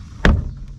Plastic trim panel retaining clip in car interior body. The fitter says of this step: j'ai entendu quelque chose j'ai entendu un clip J'ai